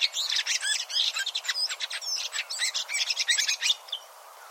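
Bird chirping in a rapid, dense run of high, sharp notes and short trills, steady for about four seconds before fading into quiet hiss.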